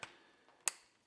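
A plastic quick connect fitting is pushed hard onto the bottle adapter of a Ryobi compact chemical sprayer. A small tick comes at 0.0 s and a faint soft knock near 0.5 s, then a loud, sharp click at 0.7 s as the fitting seats fully and is confirmed on.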